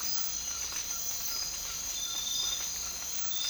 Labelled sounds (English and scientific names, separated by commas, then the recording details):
none
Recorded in dense forest near Puerto Asís, Putumayo, Colombia, on 19 March 2025 at 04:00
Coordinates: 0.484, -76.317
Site G064